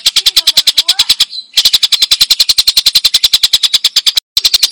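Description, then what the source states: Stork-billed kingfisher calling in a fast, relentless string of harsh, distorted notes, with two brief breaks in the run. Clear call.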